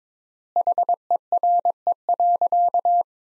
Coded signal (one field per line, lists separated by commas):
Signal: Morse code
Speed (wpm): 22 wpm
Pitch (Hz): 700 Hz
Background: none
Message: HERE.